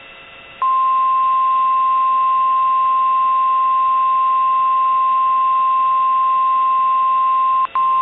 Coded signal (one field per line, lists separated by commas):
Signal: Emergency Alert System (SAME) tones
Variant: 1050 Hz attention tone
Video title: (EAS Mock) SVR for Clay and Wichita County in Northern Texas